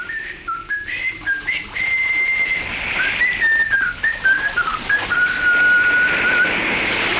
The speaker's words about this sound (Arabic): كلمة أخرى من أجل الإشارة المتفق عليها، أصفر عاليا لحن سير الجند.